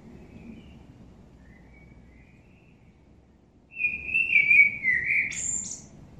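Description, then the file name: Common blackbird singing one clear phrase after a few quiet seconds: a mellow warble that ends in a sharp, high squeaky flourish. "Turdus merula"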